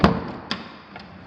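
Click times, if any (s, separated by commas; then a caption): none. An interior bedroom door with an old antique knob is being closed by hand, its latch moving toward the strike plate. Three short, sharp knocks land at about 0.0, 0.5 and 1.3 seconds over a faint background hiss. Nothing has seated or clicked yet.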